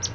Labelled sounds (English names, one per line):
Palm Warbler flight call